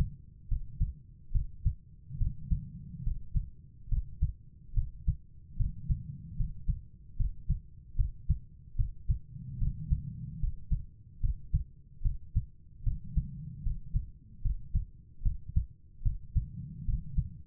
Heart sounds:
heart sounds by stethoscope; 73 bpm
0.48 s: heartbeat
1.31 s: heartbeat
2.17 s: heartbeat
3.03 s: heartbeat
3.88 s: heartbeat
4.73 s: heartbeat
5.56 s: heartbeat
6.36 s: heartbeat
7.16 s: heartbeat
7.95 s: heartbeat
8.75 s: heartbeat
9.58 s: heartbeat
10.39 s: heartbeat
11.20 s: heartbeat
12.02 s: heartbeat
12.83 s: heartbeat
13.62 s: heartbeat
14.41 s: heartbeat
15.22 s: heartbeat
16.02 s: heartbeat
16.84 s: heartbeat
From the record:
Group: healthy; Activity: rest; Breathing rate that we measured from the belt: 17 breaths a minute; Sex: female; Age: 32 years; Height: 172 cm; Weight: 71.7 kg

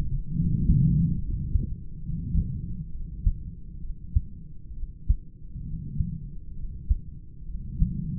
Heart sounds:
heart sounds by stethoscope; 67 bpm
0.33 s: heartbeat
1.19 s: heartbeat
2.02 s: heartbeat
2.90 s: heartbeat
3.80 s: heartbeat
4.73 s: heartbeat
5.63 s: heartbeat
6.54 s: heartbeat
7.45 s: heartbeat
From the record:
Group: heart failure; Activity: rest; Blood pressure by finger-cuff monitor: 97/59 mmHg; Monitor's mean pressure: 73 mmHg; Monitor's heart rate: 68 bpm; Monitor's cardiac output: 4.5 L/min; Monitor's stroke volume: 64 mL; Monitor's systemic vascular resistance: 1170 dyn s/cm5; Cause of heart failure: idiopathic cardiomyopathy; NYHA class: 2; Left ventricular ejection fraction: 17%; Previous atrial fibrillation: present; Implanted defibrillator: present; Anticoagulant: edoxaban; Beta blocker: bisoprolol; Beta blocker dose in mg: 7.5 twice daily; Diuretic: furosemide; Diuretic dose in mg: 20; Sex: male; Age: 63 years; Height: 160 cm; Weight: 69 kg

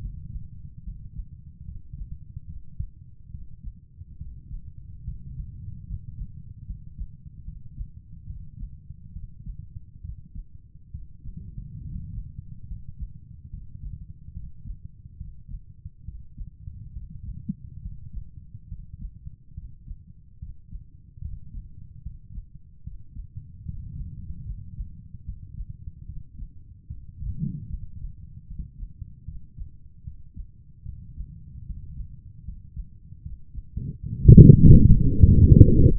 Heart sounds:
heart sounds by stethoscope; 73 bpm
0.00 s: heartbeat
0.83 s: heartbeat
1.65 s: heartbeat
2.46 s: heartbeat
3.30 s: heartbeat
4.17 s: heartbeat
5.04 s: heartbeat
5.86 s: heartbeat
6.65 s: heartbeat
7.44 s: heartbeat
8.26 s: heartbeat
9.12 s: heartbeat
10.01 s: heartbeat
10.91 s: heartbeat
11.81 s: heartbeat
12.67 s: heartbeat
13.50 s: heartbeat
14.33 s: heartbeat
15.17 s: heartbeat
16.04 s: heartbeat
16.92 s: heartbeat
17.81 s: heartbeat
18.68 s: heartbeat
19.54 s: heartbeat
20.38 s: heartbeat
21.21 s: heartbeat
22.02 s: heartbeat
22.83 s: heartbeat
23.65 s: heartbeat
24.45 s: heartbeat
25.24 s: heartbeat
26.05 s: heartbeat
26.87 s: heartbeat
27.69 s: heartbeat
28.47 s: heartbeat
29.24 s: heartbeat
30.03 s: heartbeat
30.85 s: heartbeat
31.65 s: heartbeat
32.44 s: heartbeat
33.22 s: heartbeat
34.00 s: heartbeat
34.78 s: heartbeat
35.58 s: heartbeat
From the record:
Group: healthy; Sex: male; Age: 35 years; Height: 178 cm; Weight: 64 kg

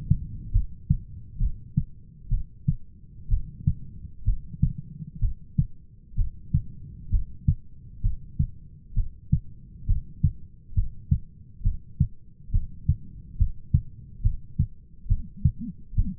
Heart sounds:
heart sounds by stethoscope; 66 bpm
0.54 s: heartbeat
1.40 s: heartbeat
2.31 s: heartbeat
3.30 s: heartbeat
4.26 s: heartbeat
5.21 s: heartbeat
6.17 s: heartbeat
7.12 s: heartbeat
8.03 s: heartbeat
8.96 s: heartbeat
9.88 s: heartbeat
10.76 s: heartbeat
11.65 s: heartbeat
12.53 s: heartbeat
13.39 s: heartbeat
14.24 s: heartbeat
15.10 s: heartbeat
15.97 s: heartbeat
From the record:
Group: heart failure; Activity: rest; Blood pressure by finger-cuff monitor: 138/94 mmHg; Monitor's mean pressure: 111 mmHg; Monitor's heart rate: 67 bpm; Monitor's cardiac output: 6.5 L/min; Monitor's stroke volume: 95 mL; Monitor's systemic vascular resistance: 1320 dyn s/cm5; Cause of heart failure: idiopathic cardiomyopathy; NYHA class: 1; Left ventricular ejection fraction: 50%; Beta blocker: bisoprolol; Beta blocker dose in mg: 5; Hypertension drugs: candesartan, spironolactone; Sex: male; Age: 54 years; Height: 180 cm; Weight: 94.6 kg

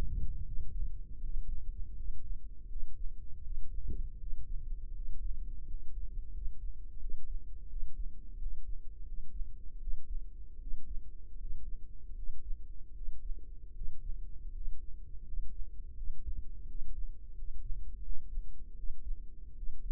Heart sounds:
heart sounds by microphone in the left ear; 82 bpm
0.43 s: heartbeat
1.20 s: heartbeat
1.93 s: heartbeat
2.67 s: heartbeat
3.41 s: heartbeat
4.17 s: heartbeat
4.92 s: heartbeat
5.64 s: heartbeat
6.30 s: heartbeat
6.97 s: heartbeat
7.67 s: heartbeat
8.36 s: heartbeat
9.03 s: heartbeat
9.78 s: heartbeat
10.58 s: heartbeat
11.35 s: heartbeat
12.14 s: heartbeat
12.92 s: heartbeat
13.72 s: heartbeat
14.50 s: heartbeat
15.22 s: heartbeat
15.94 s: heartbeat
16.65 s: heartbeat
17.33 s: heartbeat
18.01 s: heartbeat
18.74 s: heartbeat
19.54 s: heartbeat
From the record:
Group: healthy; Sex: male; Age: 22 years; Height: 181 cm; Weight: 60 kg

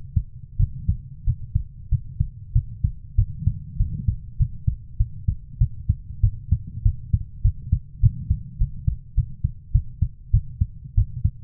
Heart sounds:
heart sounds by stethoscope; 98 bpm
0.57 s: heartbeat
1.24 s: heartbeat
1.89 s: heartbeat
2.53 s: heartbeat
3.16 s: heartbeat
3.77 s: heartbeat
4.37 s: heartbeat
4.97 s: heartbeat
5.58 s: heartbeat
6.21 s: heartbeat
6.83 s: heartbeat
7.42 s: heartbeat
8.01 s: heartbeat
8.58 s: heartbeat
9.15 s: heartbeat
9.72 s: heartbeat
10.31 s: heartbeat
10.95 s: heartbeat
From the record:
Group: healthy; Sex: female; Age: 24 years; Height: 163 cm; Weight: 55.7 kg

